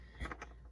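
A signal wire plug is pushed into its factory harness socket in a Tesla Model 3 during a Hansshow audio upgrade with a DIY cable. A quick double click is heard at 0.3 s and 0.4 s over a low steady hum, and the connector is seated, confirmed connected.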